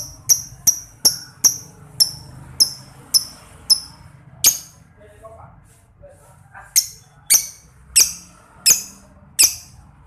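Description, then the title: Lovebird chirping, with rapid, piercing, high chip notes in quick series, a short pause with faint soft notes, then another run of loud chips. Masteran training recording played to labet lovebirds so they quickly develop ngekek panjang, a long ngekek song. "Kicau Lovebird SUPER GILA !!! Terapi Masteran LABET Terbaik Agar Labet Cepet NGEKEK PANJANG"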